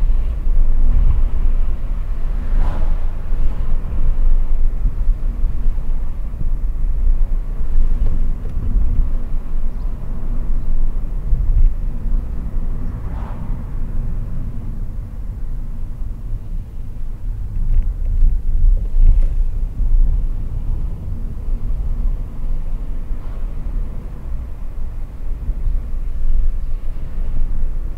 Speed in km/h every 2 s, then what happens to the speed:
53, 50, 50, 50, 49, 45, 42, 33, 30, 30, 37, 42, 48, 47.
0-8 steady at about 50. 8-15 slows to 30. 18-24 speeds up to 48.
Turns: none.